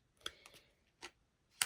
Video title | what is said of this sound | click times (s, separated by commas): Dreamer Designs diamond painting Black Friday haul. My Brightest Dreams and Suzy Snowflake | that's a firm and then it locks in place | 1.6 s